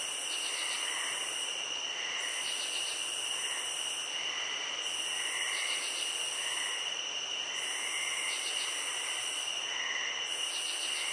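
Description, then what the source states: Crickets chirping in a steady, high shrill trill with pulsed bursts above, while lower croak-like calls repeat throughout. Nature ambience with crickets and frogs together.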